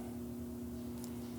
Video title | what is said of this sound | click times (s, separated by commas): R1M is Back! We Gave it Wings & More! - R1M Series Part 11 - Motomillion | and then while you need to do that just you heard that click | 1.0 s